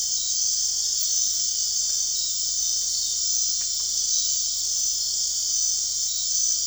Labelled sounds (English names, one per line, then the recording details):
none
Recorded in dense forest near Puerto Asís, Putumayo, Colombia, on 4 March 2025 at 23:30
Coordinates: 0.499, -76.324
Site GP03